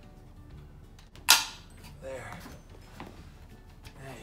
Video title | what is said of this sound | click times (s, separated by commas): Fixing Air Seat - Vlog 69 School Bus Conversion | locked into place | 1.3 s